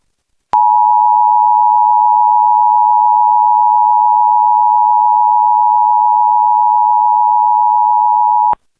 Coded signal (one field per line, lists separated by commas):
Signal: Emergency Alert System (SAME) tones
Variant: 853 and 960 Hz attention tone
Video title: EAS #1150: EAS Flood Warning- Dec. 18, 2025- 4:26PM PST